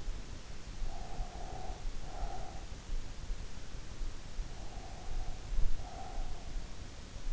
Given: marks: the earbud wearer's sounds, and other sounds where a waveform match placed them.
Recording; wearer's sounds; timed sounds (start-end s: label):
sounds in sleep by an in-ear microphone; breath
0.74-3.45 s: breath
4.10-7.33 s: breath